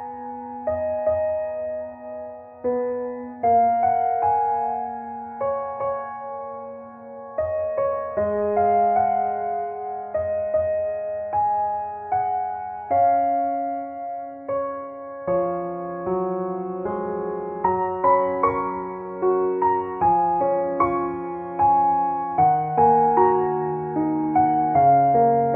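A slow, gentle instrumental piece plays, with soft struck notes that ring and fade over held low bass tones. Chords change every two or three seconds while a light melody moves above them, and the level stays fairly even throughout.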